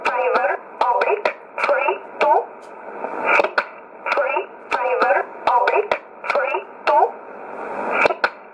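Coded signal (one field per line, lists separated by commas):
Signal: numbers station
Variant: E11 Oblique, English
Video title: 25 10 2019 E11 Oblique Numbers station in English 0717 on 9963 unknown tx site in USB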